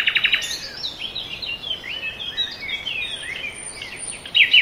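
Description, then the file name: Birds singing together, with quick repeated chirps, sliding whistled notes and a high thin tone, ending in a loud burst of sharp twittering. Birds in a forest. "ASMR Nature Noise - Forest Birds"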